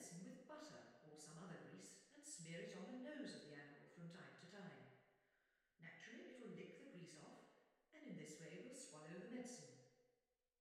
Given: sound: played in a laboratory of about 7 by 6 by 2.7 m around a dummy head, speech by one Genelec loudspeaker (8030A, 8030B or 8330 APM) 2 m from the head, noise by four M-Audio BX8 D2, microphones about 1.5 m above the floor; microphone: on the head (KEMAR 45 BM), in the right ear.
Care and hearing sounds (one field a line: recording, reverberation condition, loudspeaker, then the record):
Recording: female speech in English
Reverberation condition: high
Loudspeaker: 150 degrees to the left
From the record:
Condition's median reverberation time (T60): about 1300 ms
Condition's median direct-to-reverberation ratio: about -4.0 dB